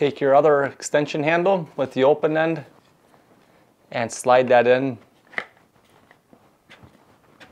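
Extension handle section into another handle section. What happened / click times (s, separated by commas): Handle sections being fitted, not yet locked / none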